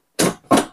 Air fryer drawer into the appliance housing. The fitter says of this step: vous clipsez comme ceci